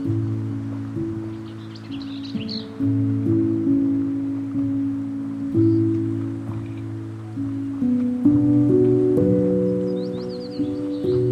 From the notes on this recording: Patagonia Lake State Park in SE Arizona